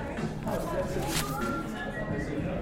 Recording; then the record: background sound without coughing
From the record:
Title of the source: 60 minutes of coffee shop sounds for study and concentration